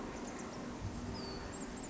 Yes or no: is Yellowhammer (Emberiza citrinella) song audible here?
no